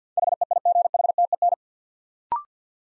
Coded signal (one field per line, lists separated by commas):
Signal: Morse code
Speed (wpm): 50 wpm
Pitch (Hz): 700 Hz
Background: none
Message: HEIGHTEN